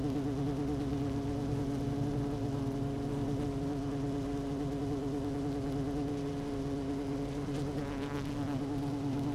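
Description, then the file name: Honey bee hive buzz, a constant low drone with wobbling overtones, and a brief rougher burst of buzzing near the end. Queen bee in hive 1, recorded 12 June 2018 at 16:30. "Hive 1 12 06 2018 Queen Bee H 1 audio 16 30 00"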